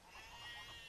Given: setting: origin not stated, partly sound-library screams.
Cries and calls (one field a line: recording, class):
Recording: one-second piece from a danger detection set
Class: normal situation